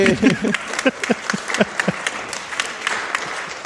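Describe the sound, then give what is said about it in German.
A live audience applauds in a dense burst of clapping, with a few cheering voices mixed in early on before the applause settles into a steady patter. “So, und das ist das Publikum, mit dem wir uns hier rumschlagen müssen, ja, weil die können wir nicht rausschmeißen, die haben nämlich bezahlt.”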